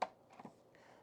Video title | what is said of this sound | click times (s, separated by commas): The Entire Current Lego City F1 Collection! (I Can't Believe I Bought Them All!) | slide them in through a slot here in the back and then these do click into place | 0.0 s